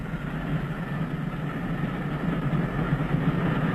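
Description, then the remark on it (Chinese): A steady, continuous rumble of a train rolling along the rails, heavy low-pitched droning throughout with a dense rushing noise above it, holding an even loudness with no voices. “麦肯锡上校从死者身上发现了一张到斯德哥尔摩的火车票，断定在逃的那个已经上了火车。”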